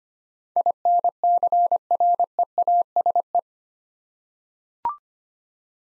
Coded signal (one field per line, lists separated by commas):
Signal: Morse code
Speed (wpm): 25 wpm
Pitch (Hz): 700 Hz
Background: none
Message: INCREASE